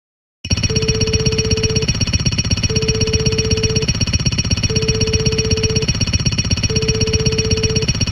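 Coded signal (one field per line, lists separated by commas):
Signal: none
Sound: power tool sample watermark beeps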